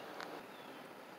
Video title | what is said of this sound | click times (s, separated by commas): P0700 - P0720 EASY FIX! Input/output speed sensor/ multiple symptoms and transmission codes | all right got that snapped back in place it snapped so hopefully it's as far as it needs to go | 0.2 s